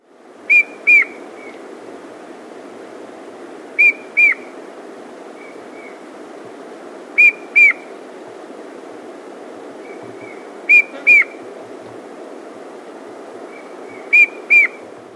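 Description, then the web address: Rufous antpitta call: short, sharp whistled notes in pairs, each pair repeated roughly every three and a half seconds, over a steady low background hiss. Recorded in South America. "Natures Songs S America Rufous Antpitta"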